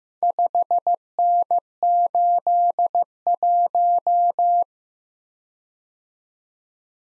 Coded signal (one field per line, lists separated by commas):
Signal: Morse code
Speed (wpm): 15 wpm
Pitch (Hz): 700 Hz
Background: none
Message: 5N81